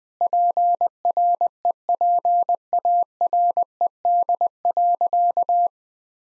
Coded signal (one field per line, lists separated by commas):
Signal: Morse code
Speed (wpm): 20 wpm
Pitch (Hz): 700 Hz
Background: none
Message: PREPARED.